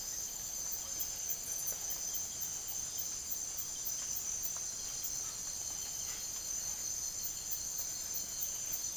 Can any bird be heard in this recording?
no